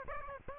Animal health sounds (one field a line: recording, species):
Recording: mosquito wingbeat signal from an infrared sensor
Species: Aedes albopictus